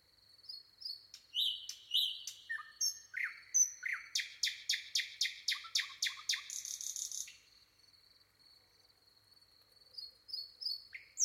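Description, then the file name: Common nightingale: varied whistles and slurs building into a long, rhythmic series of loud repeated notes and a brief rattle, then near silence before a new phrase starts. "Luscinia megarhynchos"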